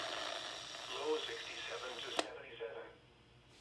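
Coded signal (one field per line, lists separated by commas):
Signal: none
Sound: weather radio's glitch beeps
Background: speech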